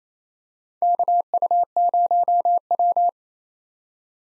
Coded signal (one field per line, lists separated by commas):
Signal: Morse code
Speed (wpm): 28 wpm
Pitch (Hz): 700 Hz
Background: none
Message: KU0W